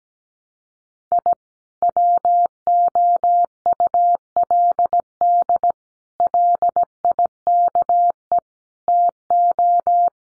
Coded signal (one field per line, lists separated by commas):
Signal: Morse code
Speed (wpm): 17 wpm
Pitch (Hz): 700 Hz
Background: none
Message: I WOULD LIKE TO